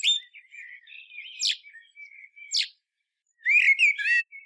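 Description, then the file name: Common blackbird song: low fluted warbling phrases with sharp squeaks, a short pause, then a bright squeaky twittering flourish at the end. "Turdus merula"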